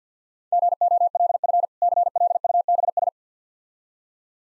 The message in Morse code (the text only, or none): GOLF CLUBS